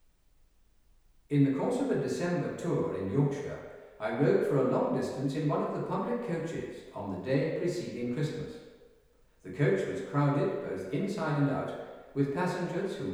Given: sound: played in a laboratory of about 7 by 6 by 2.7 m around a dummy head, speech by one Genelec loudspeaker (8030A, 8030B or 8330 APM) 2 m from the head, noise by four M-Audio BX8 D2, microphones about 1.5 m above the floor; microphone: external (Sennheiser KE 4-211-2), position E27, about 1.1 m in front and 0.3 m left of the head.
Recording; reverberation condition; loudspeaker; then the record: male speech in English; high; 90 degrees to the left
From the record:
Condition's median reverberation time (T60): about 1300 ms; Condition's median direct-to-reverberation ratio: about -4.0 dB